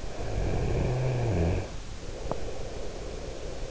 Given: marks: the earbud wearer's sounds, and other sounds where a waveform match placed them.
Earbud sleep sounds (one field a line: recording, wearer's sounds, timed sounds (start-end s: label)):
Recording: sounds in sleep by an in-ear microphone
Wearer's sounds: snoring breath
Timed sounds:
0.00-3.70 s: snoring breath